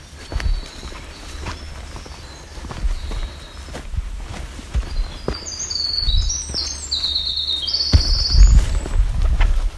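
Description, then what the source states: Winter Wren song, a rapid high-pitched cascade of bright trilled notes in the second half, with footsteps crunching on the trail throughout. At least five singing males along the edge of the escarpment on the Bruce Peninsula, on a difficult trail.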